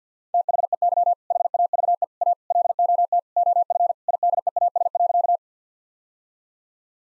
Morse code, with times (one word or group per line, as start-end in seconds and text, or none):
0.3-1.1 THEY
1.3-2.0 HAVE
2.2-2.3 A
2.5-3.2 LOT
3.4-3.9 OF
4.1-5.4 IDEAS.